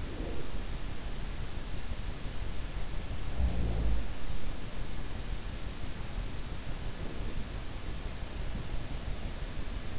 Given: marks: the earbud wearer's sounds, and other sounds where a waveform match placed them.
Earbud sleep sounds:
sounds in sleep by an in-ear microphone; breath
0.00-0.58 s: breath
3.33-4.20 s: sound from someone else or the room

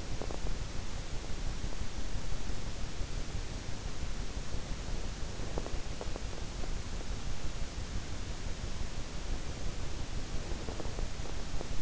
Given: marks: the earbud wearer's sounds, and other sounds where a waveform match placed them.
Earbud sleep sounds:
sounds in sleep by an in-ear microphone; teeth grinding, breath
0.00-0.81 s: teeth grinding
4.89-6.45 s: breath
5.87-7.03 s: teeth grinding
9.26-11.82 s: breath
10.82-11.82 s: teeth grinding

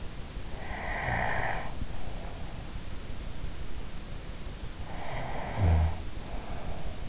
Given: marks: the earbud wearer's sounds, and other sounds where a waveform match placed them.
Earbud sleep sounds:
sounds in sleep by an in-ear microphone; snoring breath
0.45-2.66 s: snoring breath
4.87-7.09 s: snoring breath

